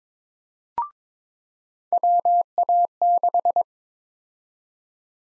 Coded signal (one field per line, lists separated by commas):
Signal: Morse code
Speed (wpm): 22 wpm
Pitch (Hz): 700 Hz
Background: none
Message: WA6